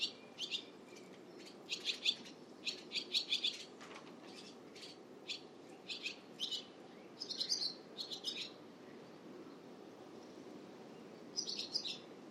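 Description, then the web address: Bird song in short bursts of high, rapid chirping notes, several phrases spread throughout with brief pauses between them, over a low steady background hiss. "Bird Only"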